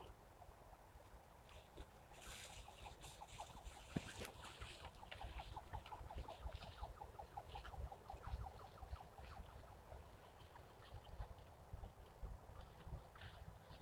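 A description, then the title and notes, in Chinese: Birdsong recorded on the north bank of the Sha River, with a steady low rumble beneath throughout. Quick, regular chirps run in rapid series through the middle, with brighter calls near the start and a sharp knock just after four seconds. 沙河北岸鸟鸣记录。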